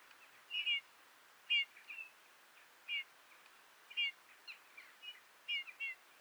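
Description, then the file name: Eurasian bullfinch calling with soft downslurred whistled notes, some doubled, repeated at irregular short intervals, with some fainter notes between. "Pyrrhula pyrrhula"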